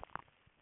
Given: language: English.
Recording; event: throat vibration sensor signal played as sound; swallow